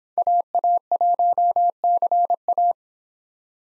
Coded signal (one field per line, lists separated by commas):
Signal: Morse code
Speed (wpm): 30 wpm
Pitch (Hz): 700 Hz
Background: none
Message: AA1CA